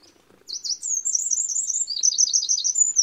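Eurasian wren song: a fast, high, tumbling stream of sharp twittering notes and trills, continuing without pause for over two seconds after a brief quiet start.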